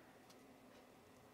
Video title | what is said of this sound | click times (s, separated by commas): Cutting and Hacking Ideal Bag FREE Pattern by Sew Sew Patterns | until it clicks and maybe it doesn't it's not going to click for me | none